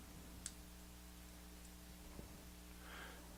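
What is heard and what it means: An assembled stud-shooter brick is pressed onto the outside of a plastic brick shuttle model over a steady low hum. It snaps into place with a single sharp click at 0.5 s, followed only by a faint tick near 2.2 s and a soft rustle around 3.0 s. The shooter brick is seated on the model.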